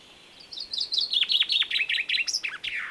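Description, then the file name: Common chaffinch song, one cascading phrase of quick chirps that steps down in pitch across about two seconds before a final flourish. "Fringilla coelebs"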